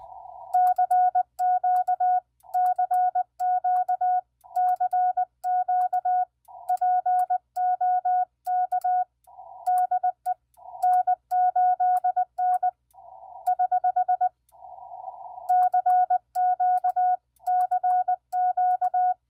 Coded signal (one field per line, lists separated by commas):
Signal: Morse code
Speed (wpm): 20 wpm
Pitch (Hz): 730 Hz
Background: none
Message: CQ CQ CQ POK DE N8N <HH> CQ CQ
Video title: Successful POTA and TOTA activations on 40 meters with QRP and a mag mount ham stick this morning!